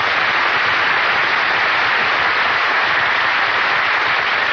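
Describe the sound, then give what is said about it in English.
A studio audience applauds Mel Blanc, a steady, dense wash of clapping that holds at an even, fairly loud level for several seconds, with no voices over it. “Why did you give just him applause?”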